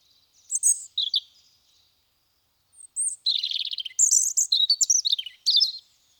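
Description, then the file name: European robin singing a short, thin, high warbled phrase, then a longer run of sweet high trills and twittering notes after a brief pause. "Erithacus rubecula"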